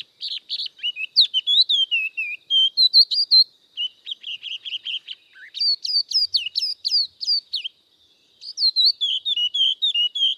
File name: Spot throated babbler